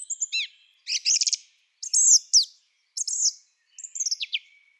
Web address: Schulze Peter Song Thrush song